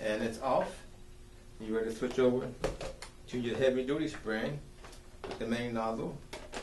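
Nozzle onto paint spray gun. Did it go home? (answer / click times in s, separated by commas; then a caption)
no / none. The main nozzle of a Flexio 990 paint spray gun is handled as it is slid toward the gun body while someone talks. Nothing has seated or clicked yet by the end of the clip.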